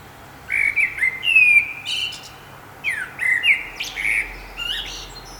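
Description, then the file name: Common blackbird singing two warbled phrases, rich low whistles running into thin, high squeaks, with a brief pause between them. "Turdus merula"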